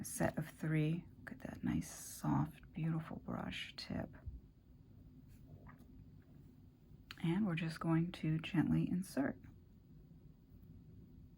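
Someone talks while a new soft replacement brush tip, taken from a set of 3, is handled and lined up with a Copic Sketch marker before being gently inserted. Between the talking there is a quiet stretch of faint handling sounds. The nib has not yet seated or clicked into the marker.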